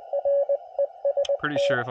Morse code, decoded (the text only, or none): REST